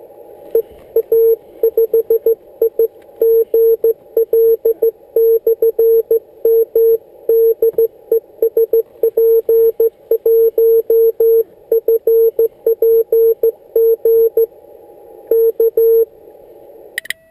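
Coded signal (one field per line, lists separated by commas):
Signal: Morse code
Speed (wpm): 14 wpm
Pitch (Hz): 450 Hz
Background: none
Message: EA5IGL/M DE SP1FPG K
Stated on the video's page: CW contact on 28.050 MHz, QRP 5 W mobile with Yaesu 817ND and MFJ 1610 antenna, sent on a homemade key built from bicycle parts.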